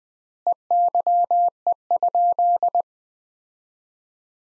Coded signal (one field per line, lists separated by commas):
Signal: Morse code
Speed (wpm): 20 wpm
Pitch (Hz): 700 Hz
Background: none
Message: EYE?